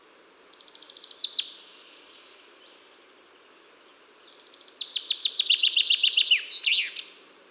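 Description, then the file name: Common chaffinch song, a brief trill, then after a pause a full phrase of rapid repeated notes dropping in pitch and ending with a sharp terminal flourish. "Fringilla coelebs"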